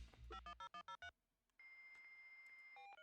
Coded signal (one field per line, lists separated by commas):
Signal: DTMF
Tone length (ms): 100 ms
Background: music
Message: 510103